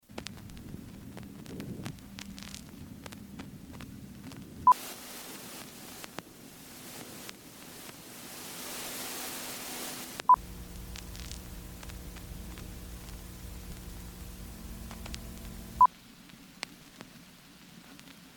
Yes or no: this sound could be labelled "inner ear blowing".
no